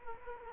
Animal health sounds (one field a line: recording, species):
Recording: mosquito wingbeat signal from an infrared sensor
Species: Culex quinquefasciatus